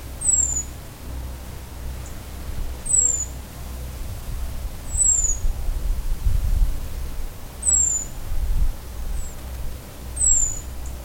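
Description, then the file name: European robin giving a series of thin, high, downslurred 'tsee' calls, a few seconds apart, over a steady low rumble. "Erithacus rubecula"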